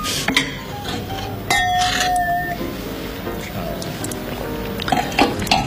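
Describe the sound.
Glasses clink together in a toast, one bright chime ringing briefly, with a few other small knocks and clatter over a steady murmur of background voices.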